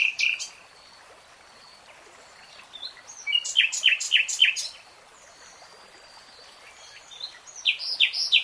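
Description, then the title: Nightingale song with separated phrases: a short burst, a long quiet gap with faint high notes, then a loud series of repeated chopped notes, and another phrase at the end. Nightingale singing in real time. "[Tiếng chim hót] 3 Hours REALTIME Nightingale Singing"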